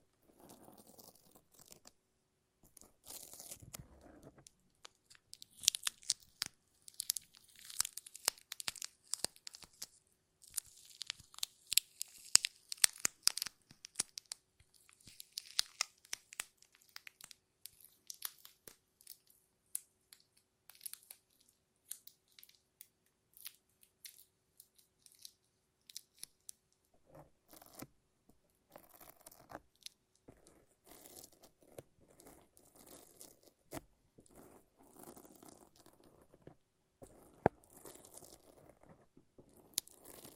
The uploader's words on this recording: ASMR No Talking Satisfying Sticky Sounds (Lint Roller and Tape).